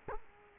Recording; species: mosquito wingbeat signal from an infrared sensor; Culex quinquefasciatus